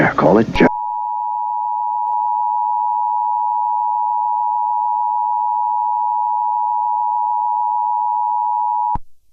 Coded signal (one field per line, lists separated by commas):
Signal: Emergency Alert System (SAME) tones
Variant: 853 and 960 Hz attention tone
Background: speech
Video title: (1.01) Depths of The Swamp. (A COS EAS Scenario)